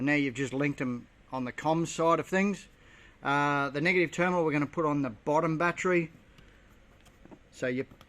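A man talks about connecting a negative power cable connector to the terminal socket on the bottom battery of a solar battery setup, with only a few faint handling taps near the end. The cable is handled but not yet home; nothing has seated or clicked yet.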